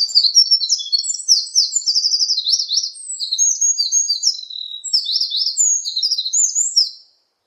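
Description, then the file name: Eurasian wren singing a loud, high, energetic run of warbled notes and rattling trills that stops abruptly near the end. "굴뚝새"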